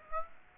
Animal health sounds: mosquito wingbeat signal from an infrared sensor; Aedes aegypti

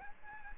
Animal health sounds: mosquito wingbeat signal from an infrared sensor; Aedes aegypti

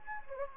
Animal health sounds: mosquito wingbeat signal from an infrared sensor; Anopheles gambiae

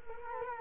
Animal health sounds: mosquito wingbeat signal from an infrared sensor; Culex quinquefasciatus

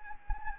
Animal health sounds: mosquito wingbeat signal from an infrared sensor; Anopheles gambiae

